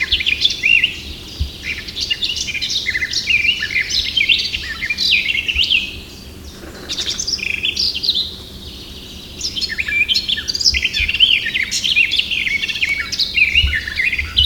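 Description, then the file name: Eurasian blackcap pours out a long, scratchy, melodious warble, breaks briefly, adds a short phrase, pauses again, then continues with more rapid, high varied notes. "Sylvia atricapilla"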